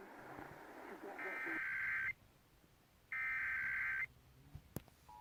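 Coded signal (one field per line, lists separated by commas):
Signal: Emergency Alert System (SAME) tones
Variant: header bursts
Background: speech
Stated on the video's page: Oregon's required monthly test.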